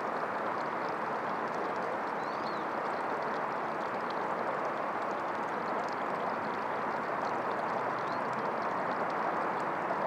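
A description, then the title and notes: Outdoors beside a riverside trail in the city, a steady, dense roar of traffic fills the scene without letting up. A few faint, high bird chirps come through above it, around two and eight seconds in. Schuylkill River Trail, just south of Walnut Street. The river itself doesn’t make much sound.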